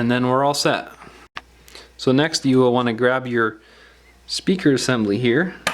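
Someone talks while handling a replacement earpiece speaker assembly for an LG G3 smartphone, picking it up to set it into its slot in the phone's frame. A few brief ticks are heard, but the assembly has not yet seated or clicked into place.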